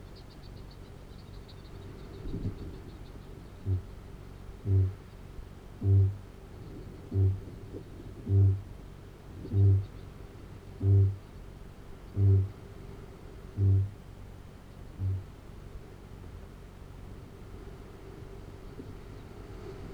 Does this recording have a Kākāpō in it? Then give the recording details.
yes. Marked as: faintness 3/5, faintness 2/5. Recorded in New Zealand. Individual Arab